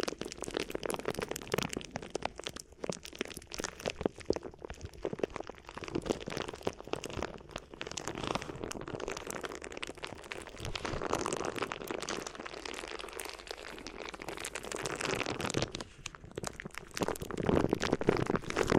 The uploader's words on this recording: ASMR Addictive Crinkly Ear Massage (No Talking).